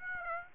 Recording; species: mosquito wingbeat signal from an infrared sensor; Aedes aegypti